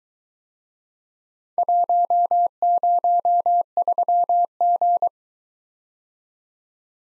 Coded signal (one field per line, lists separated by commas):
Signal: Morse code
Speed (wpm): 23 wpm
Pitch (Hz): 700 Hz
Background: none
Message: 103G